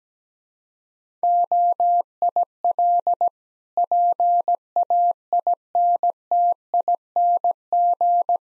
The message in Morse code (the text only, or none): OIL PAINTING